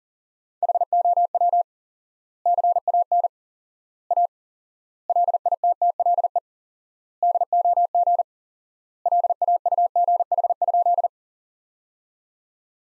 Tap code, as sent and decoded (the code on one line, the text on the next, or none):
none